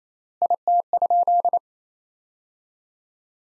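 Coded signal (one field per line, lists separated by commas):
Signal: Morse code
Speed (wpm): 27 wpm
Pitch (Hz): 700 Hz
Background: none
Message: IT?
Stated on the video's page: Morse practice: sentences from the top 200 words at 28 wpm with 4x word spacing, a word-based version of Farnsworth spacing.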